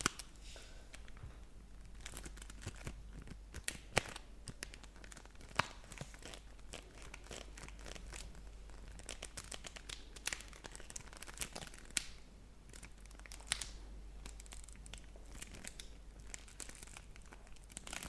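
Chocolate wrappers crinkle and crackle continuously, with dense irregular rustling, occasional sharp snaps and brief tearing sounds throughout, over a low steady hum.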